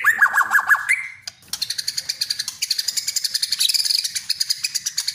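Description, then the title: Oriental magpie-robin song: a run of repeated whistled notes, then a fast string of sharp buzzy chirps and trills continuing to the end. "kacer"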